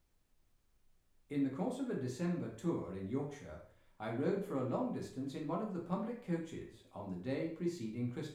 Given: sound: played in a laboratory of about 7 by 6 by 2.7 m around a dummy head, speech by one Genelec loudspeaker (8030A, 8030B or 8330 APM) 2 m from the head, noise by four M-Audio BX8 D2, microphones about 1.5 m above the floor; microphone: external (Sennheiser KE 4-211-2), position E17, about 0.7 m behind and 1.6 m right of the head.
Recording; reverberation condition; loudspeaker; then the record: male speech in English; medium; 60 degrees to the right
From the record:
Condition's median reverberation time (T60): about 510 ms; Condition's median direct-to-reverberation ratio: about -0.5 dB